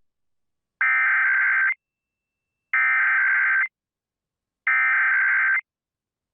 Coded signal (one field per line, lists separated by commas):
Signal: Emergency Alert System (SAME) tones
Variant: header bursts